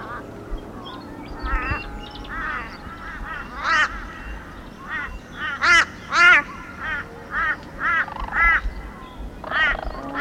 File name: sarus crane